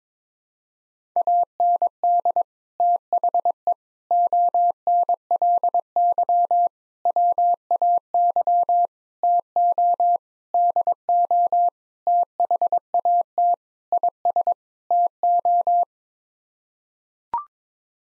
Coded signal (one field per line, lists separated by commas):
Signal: Morse code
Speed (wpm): 22 wpm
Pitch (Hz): 700 Hz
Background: none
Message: AND THE ONLY WAY TO DO THAT IS TO